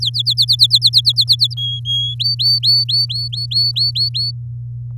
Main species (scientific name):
Serinus canaria